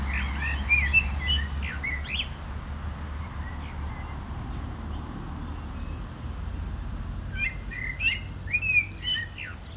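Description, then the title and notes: Common blackbird song in two bursts of fluty phrases with thin high notes, separated by a quieter pause, with low traffic hum throughout. Singing in a barranco at Agaete, Las Palmas, Spain, with cars on a nearby road; recorded with AB-positioned microphones to a portable recorder. "Agaete, Las Palmas, Espagne - Blackbird singing in the barranco. Un merle chante dans le barranco, voitures sur la route pas loin"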